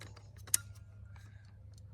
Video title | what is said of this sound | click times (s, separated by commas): Tenpoint Vengent S440 REVIEW—BowDad | did you hear the click it's engaged and I could do the whole process again windy | 0.5 s